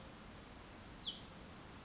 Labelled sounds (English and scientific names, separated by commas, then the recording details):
Hutton's Vireo (Vireo huttoni)
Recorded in Sonoma County, California